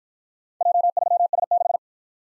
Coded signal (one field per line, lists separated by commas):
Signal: Morse code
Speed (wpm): 53 wpm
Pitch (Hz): 700 Hz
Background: none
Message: J3S6